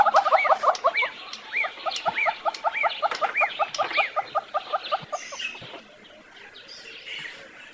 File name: Canto do calaus de monteiros